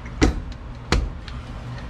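On a 1966 Chevy C10, the gas pedal is pulled off the firewall so the firewall pad can be replaced, and its plastic sockets snap off two ball studs. Two sharp snaps ring out at 0.2 and 0.9 seconds, each followed by a fainter tick, and the pedal comes free.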